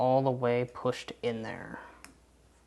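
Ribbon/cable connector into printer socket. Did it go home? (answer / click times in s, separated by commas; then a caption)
yes / 2.0 s. Someone talks while a keyed ribbon cable connector is pushed fully into its socket on a Bambu A2L printer. A single short, sharp click sounds at 2.0 s as the connector seats all the way in.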